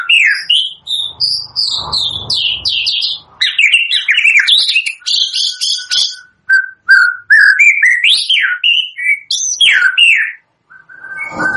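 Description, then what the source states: White-rumped shama song with loud varied whistles, rising and falling slurs and quick chattering notes, broken by short pauses and a low rumble early on. Lure song used for bird trapping (pikat).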